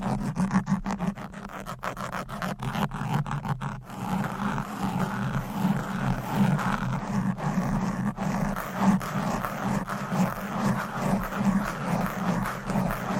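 Fast, aggressive scratching on a microphone, dense rasping strokes with sharp clicks early on, then a continuous rough grinding over a low steady hum.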